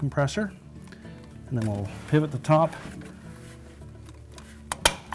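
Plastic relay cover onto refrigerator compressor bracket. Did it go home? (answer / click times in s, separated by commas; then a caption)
yes / 4.7 s, 4.9 s. Someone talks over background music while the plastic cover over a refrigerator's start relay (Whirlpool part 2262185), its bottom hooked on the compressor's metal bracket, has its top pivoted over. Two sharp, loud snaps ring out at 4.7 s and 4.9 s as the cover seats into place.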